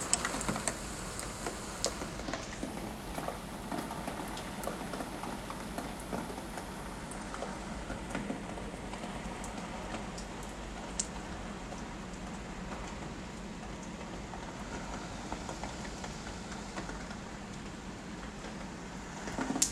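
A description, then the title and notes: Steady rain falls throughout, a dense, even hiss spread from low rumble to bright top with little change in level. Scattered sharper ticks and drips stand out now and then, and a low, vehicle-like drone sits underneath, slightly stronger in the first few seconds. WHITE NOISE: RAIN.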